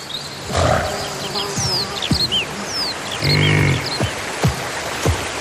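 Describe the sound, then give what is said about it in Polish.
A European bison cooling itself in Podlasie lets out a single low, rumbling grunt amid steady outdoor ambience, with chirping birds above and a few soft thumps scattered throughout. No one speaks. “Chłodzący się żubr to częsty obrazek na Podlasiu.”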